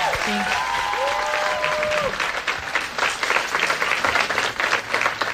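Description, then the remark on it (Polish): An audience applauds steadily for several seconds for a singer at a Polish Radio Trójka event in a museum, a dense, even wash of many hands clapping, with a few brief tonal cheers rising over it at the start. “Jeszcze raz dla … wielkie, wielkie brawo.”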